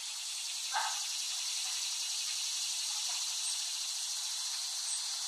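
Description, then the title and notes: Loud, even cicada drone, a high pulsing hiss that holds steady, with a short low chirp early on. Cicadas recorded by Dan Bodah in West Brighton, Staten Island, late summer 2008. "Recording of cicadas made by Dan Bodah in West Brighton, Staten Island, late summer 2008."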